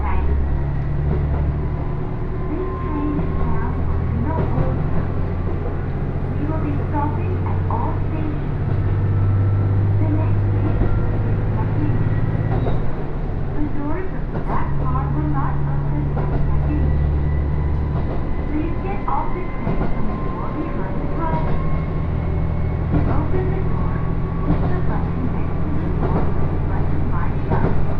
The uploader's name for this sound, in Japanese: 高山本線普通 上呂→下油井